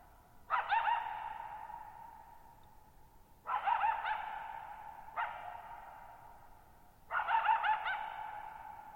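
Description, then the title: Coyote calling in four yipping, quavering bursts a few seconds apart, each bursting out sharply and then ringing on in a lingering echo. Lone coyote moving around a shallow bowl-shaped meadow, keeping its distance, on the night of 14 July 2019; Thirtymile Meadows, Okanogan National Forest, 6400 ft, on a high dry plateau. "Coyote Getting Closer"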